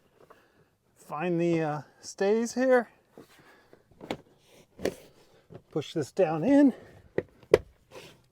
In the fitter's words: that clicks down in and this pushes flat